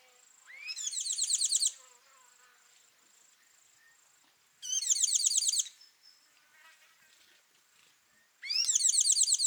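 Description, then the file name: Tinkling cisticola giving three bursts of fast, scratchy repeated notes, each about a second long, over a continuous high-pitched insect drone. Call, at Kawelwa, Zambia, on 12 December 2021. "Tinkling-Cisticola-call-ZM-Kawelwa-211212"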